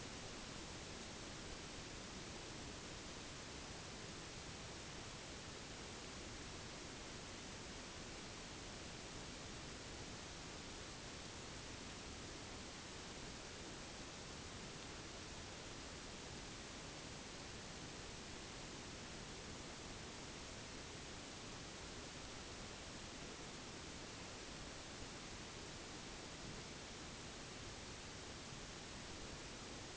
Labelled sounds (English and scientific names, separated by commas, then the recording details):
none
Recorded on Arctic tundra, site NAIT-1, on 1 July 2019
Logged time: 08:00